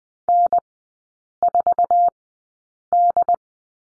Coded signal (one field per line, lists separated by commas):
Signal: Morse code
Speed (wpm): 20 wpm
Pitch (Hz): 700 Hz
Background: none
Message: N4D